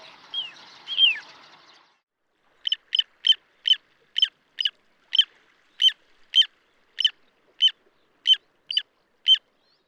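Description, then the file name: Little ringed plover calls: after two seconds of hiss with a couple of falling whistled notes, about fourteen short, clear, high piping notes repeat, roughly two per second. "Petit gravelot"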